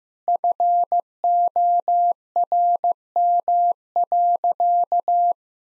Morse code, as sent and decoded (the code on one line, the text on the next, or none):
..-. --- .-. -- .-.-.-
FORM.